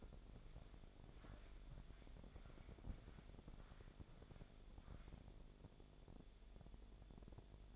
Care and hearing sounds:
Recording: daily activity, microphone in the room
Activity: walk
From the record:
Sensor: 5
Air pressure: 1000.6 hPa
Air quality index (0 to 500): 137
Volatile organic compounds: 2 ppm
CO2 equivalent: 1066 ppm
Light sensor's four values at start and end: 45/106/44/45 and 46/108/45/46

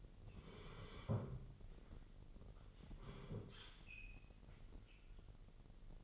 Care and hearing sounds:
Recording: daily activity, microphone in the room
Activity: sit down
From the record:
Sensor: 4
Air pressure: 999.4 hPa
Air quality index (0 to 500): 105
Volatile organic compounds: 2 ppm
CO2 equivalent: 1038 ppm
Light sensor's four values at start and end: 11/26/10/12 and 11/26/11/12

